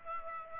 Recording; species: mosquito wingbeat signal from an infrared sensor; Aedes aegypti